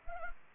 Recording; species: mosquito wingbeat signal from an infrared sensor; Anopheles arabiensis